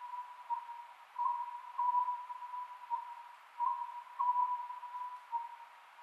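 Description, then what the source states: Oriental scops owl calling: low whistled phrases of a few notes, repeated roughly every two and a half seconds over a faint steady hum. Recorded 27 May 2010 at 22:21.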